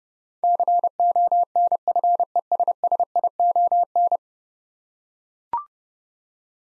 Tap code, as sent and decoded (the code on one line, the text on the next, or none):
none